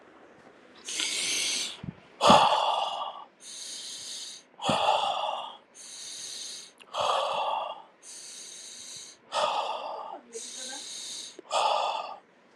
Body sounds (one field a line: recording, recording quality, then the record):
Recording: deep breathing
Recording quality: excellent, no background noise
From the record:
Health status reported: healthy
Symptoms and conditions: cough, cold, hypertension, diabetes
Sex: male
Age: 38 years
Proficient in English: yes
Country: India